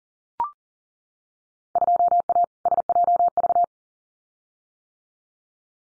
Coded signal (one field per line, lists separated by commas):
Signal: Morse code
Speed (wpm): 40 wpm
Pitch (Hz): 700 Hz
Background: none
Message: 2A SJV